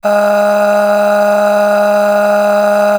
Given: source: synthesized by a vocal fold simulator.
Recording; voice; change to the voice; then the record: sustained vowel; female; aspiration noise (breathiness), level 9 of 10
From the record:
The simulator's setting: 3.21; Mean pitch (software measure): 206 Hz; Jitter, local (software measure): 1.14%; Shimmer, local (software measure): 12.3%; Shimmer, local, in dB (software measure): 1.07 dB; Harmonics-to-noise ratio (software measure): 12.9 dB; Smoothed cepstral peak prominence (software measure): 11.1 dB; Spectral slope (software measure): -20.3 dB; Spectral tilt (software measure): -7.4 dB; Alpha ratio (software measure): -10.8 dB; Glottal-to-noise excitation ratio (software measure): 0.713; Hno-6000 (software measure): 1.8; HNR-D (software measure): 34.5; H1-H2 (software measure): 5.9 dB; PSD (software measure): 5.2e-05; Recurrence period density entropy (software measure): 0.128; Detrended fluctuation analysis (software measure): 0.0278